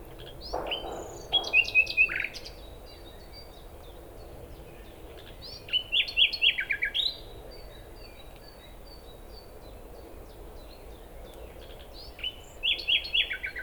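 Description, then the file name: Common nightingale song: three short bursts of rapid repeated notes and sharp whistled phrases, spaced several seconds apart, over a steady low background hiss. "Luscinia megarhynchos"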